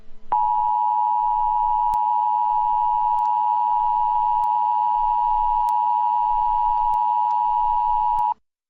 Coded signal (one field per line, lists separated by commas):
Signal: Emergency Alert System (SAME) tones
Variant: 853 and 960 Hz attention tone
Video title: David tries to kill the eas/grounded